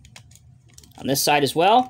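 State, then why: Not seated. A blade push arm on the second side of a 1:64 scale Diecast Masters Caterpillar D11T Track-Type Tractor bulldozer model is handled at its tractor frame mount, with faint small clicks and taps in the first second. Then someone talks. The clip ends before the arm snaps into place, so nothing has seated or clicked yet.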